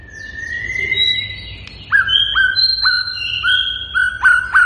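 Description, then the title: White-rumped shama song opening with long level whistles, then a series of short upswept notes beneath higher sustained whistles. Lure recording to make the bird respond; bird described as persistently singing. "PANCINGAN MURAI BATU GACOR"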